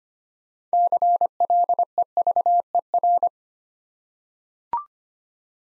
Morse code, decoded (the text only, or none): CLEVER